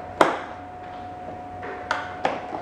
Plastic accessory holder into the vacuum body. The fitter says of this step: locks into place and I think the thinking for that is it's going to hold your